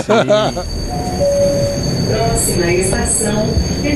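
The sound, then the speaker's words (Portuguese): A subway train runs with a steady, loud low rumble and sustained whining tones, broken by bursts of high hissing squeal; at the very start a voice briefly announces the next station, Terminal Corinthians Itaquera. “Próxima estação, Terminal Corinthians Itaquera.”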